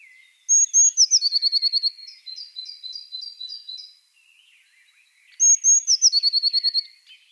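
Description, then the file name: Eurasian blue tit singing: high thin introductory notes, a fast trill of short notes, then a slower series of notes; the phrase repeats after a short pause. "blaumeise"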